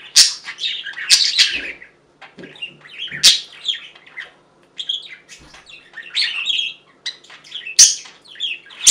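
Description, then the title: Budgerigar warbling chatter with rapid chirps and scratchy notes, broken by brief pauses and a few sharp, loud squawks. "Budgie Sounds"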